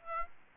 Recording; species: mosquito wingbeat signal from an infrared sensor; Aedes albopictus